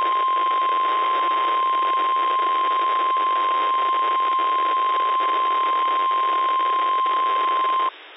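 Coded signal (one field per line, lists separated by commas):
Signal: Emergency Alert System (SAME) tones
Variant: 1050 Hz attention tone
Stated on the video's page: Real EAS test for the Great Washington Shakeout heard on NOAA Weather Radio in Seattle.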